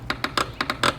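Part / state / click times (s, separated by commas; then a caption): plastic clips of a mirror cap going into a side mirror housing / seated / 0.1 s, 0.8 s. A carbon fiber replacement mirror cap is pressed onto the side mirror housing of a Honda Civic hatchback (FK7, 10th gen), stretched as it is worked around so its plastic clips snap in one after another. A series of sharp popping snaps is heard, with clicks at 0.1 s and 0.8 s among them. The pops mean the little clips are seated and the cap is in place.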